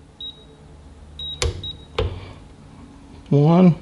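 A click-type torque wrench is pulled through a straight torque adapter extension on a fastener until it breaks over with a sharp click at 1.4 s, taking a torque reading. Short high beeps sound before and after, with a second sharp knock near 2.0 s. Someone then talks briefly at the end.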